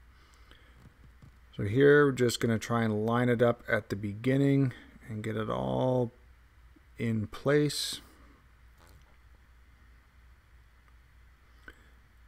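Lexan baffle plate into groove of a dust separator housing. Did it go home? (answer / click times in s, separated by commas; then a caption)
yes / 11.7 s. A clear lexan (polycarbonate) baffle plate is lined up and pressed into a routed groove in a dust separator body. Someone talks at the start, then after a quiet stretch a short, sharp click at 11.7 s marks the panel snapping into the groove and seating in place.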